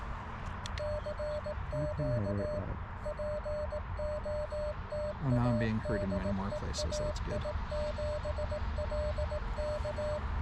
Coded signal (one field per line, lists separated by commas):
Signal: Morse code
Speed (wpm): 18 wpm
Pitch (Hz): 600 Hz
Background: speech, music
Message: CQ POTA DE AI7LK